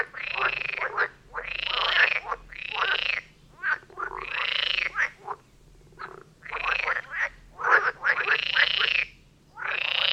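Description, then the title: Frogs croaking together, drawn-out harsh calls alternating with short calls and brief pauses, a steady chorus throughout. Chorus of frogs near Vellerner Brook in Neubeckum, at 2 pm; stereo recording. "Frog concert near Vellerner Brook in Neubeckum - 2pm"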